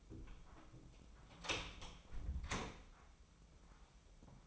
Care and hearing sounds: daily activity, microphone in the room; close door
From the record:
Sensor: 1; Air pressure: 996.1 hPa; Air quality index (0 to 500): 60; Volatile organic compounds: 3 ppm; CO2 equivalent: 1477 ppm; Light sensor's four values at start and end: 14/34/14/16 and 14/33/14/16

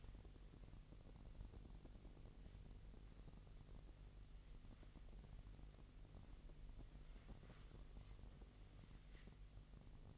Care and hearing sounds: daily activity, microphone in the room; wipe stove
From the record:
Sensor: 4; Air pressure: 1001.8 hPa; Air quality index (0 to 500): 248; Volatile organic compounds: 41 ppm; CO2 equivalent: 3166 ppm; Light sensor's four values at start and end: 9/19/7/7 and 8/19/7/7

